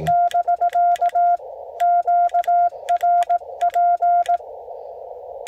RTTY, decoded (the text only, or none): none